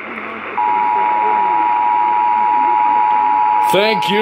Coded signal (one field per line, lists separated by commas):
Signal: Emergency Alert System (SAME) tones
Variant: 853 and 960 Hz attention tone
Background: speech